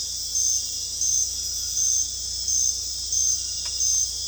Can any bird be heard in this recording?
no